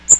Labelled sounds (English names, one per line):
Magnolia Warbler flight call